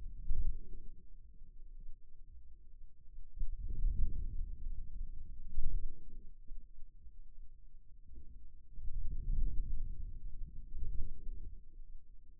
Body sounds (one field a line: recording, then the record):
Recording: forearm muscle sounds (acoustic myography)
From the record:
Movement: outward rotation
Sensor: system 2, bracelet of six BSWA MPA416 microphones around the upper forearm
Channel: 1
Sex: male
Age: 22 years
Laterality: right